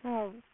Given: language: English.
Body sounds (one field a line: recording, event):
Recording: throat vibration sensor signal played as sound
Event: speech